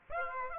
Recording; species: mosquito wingbeat signal from an infrared sensor; Aedes aegypti